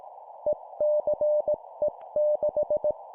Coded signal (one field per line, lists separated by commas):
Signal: Morse code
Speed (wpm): 18 wpm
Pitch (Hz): 600 Hz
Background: none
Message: ECE6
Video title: 17wpm Four letter words letter,letter,letter,number, morse code course